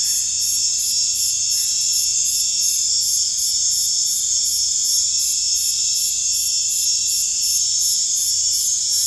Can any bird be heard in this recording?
no